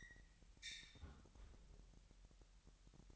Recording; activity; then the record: daily activity, microphone in the room; close fridge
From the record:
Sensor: 3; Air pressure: 1001.9 hPa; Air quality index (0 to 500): 247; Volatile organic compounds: 51 ppm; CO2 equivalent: 3311 ppm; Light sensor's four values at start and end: 12/36/15/13 and 12/36/15/13